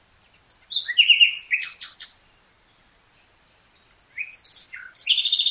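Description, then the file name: Common nightingale song: two varied phrases of whistles, buzzy trills and sharp clicks, separated by a couple of seconds of silence. "Luscinia megarhynchos"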